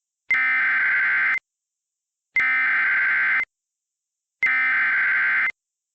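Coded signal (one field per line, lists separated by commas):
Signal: Emergency Alert System (SAME) tones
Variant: header bursts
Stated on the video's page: Mock Severe Thunderstorm Warning for Northeast Washington using a Speechify Tom voice, with valid EAS header codes.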